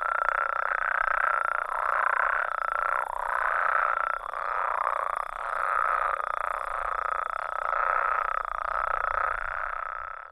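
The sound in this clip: Mexican spadefoot: pulsed trills running almost without pause to the end.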